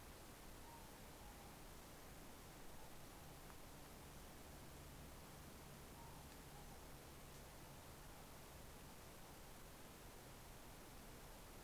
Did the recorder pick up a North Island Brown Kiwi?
no